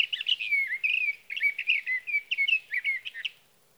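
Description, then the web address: Sage thrasher song: a hurried, continuous jumble of warbles and slurred notes, then quiet. "birdsongforthecurious Sage Thrasher"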